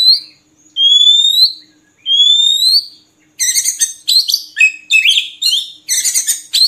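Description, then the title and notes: Oriental magpie-robin song: two long rising whistles, then a burst of harsh, buzzy, chattering notes repeated in quick phrases. Song for training caged birds, intended to make the bird sing actively day and night. "Kacer Jadi Gacor Siang Malam. Isian Kacer Durasi Panjang"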